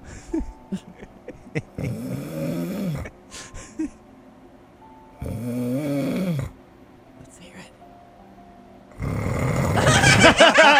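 An adult man snoring in his sleep: three rough, buzzing snores come about every three and a half seconds, each clearly louder than the last, with the final one loud and harsh. It is a snore crescendo, with quiet room sound between breaths.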